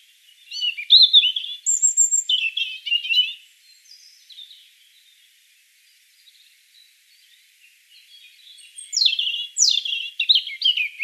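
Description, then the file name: European robin song: two bursts of high, thin, varied warbling phrases with sweet whistled notes, separated by a quiet pause of several seconds. "Erithacus rubecula"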